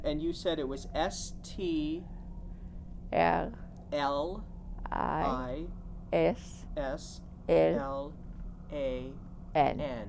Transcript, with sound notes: And you said it was S-T...
L.
I. ( in unison ) S-L-A-N.